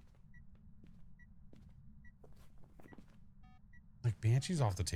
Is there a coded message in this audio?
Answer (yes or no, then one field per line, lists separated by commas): no